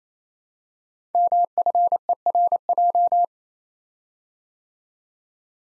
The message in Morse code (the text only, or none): MFERJ